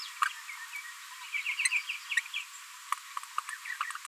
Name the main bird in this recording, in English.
Green-rumped Parrotlet